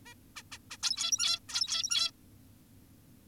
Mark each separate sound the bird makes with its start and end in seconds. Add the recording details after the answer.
0.06-0.14, 0.36-0.43, 0.52-0.58, 0.71-0.77, 0.83-1.40, 1.49-2.11. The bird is an adult. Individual g17y2U